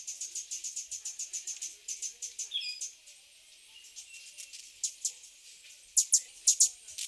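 Cuban emerald calling in a fast series of high, dry chips, then a pause and a few sharper, louder clicks near the end.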